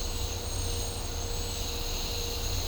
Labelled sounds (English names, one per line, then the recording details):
none
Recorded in dense forest near Puerto Asís, Putumayo, Colombia, on 20 December 2024 at 09:00
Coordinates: 0.503, -76.323
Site G043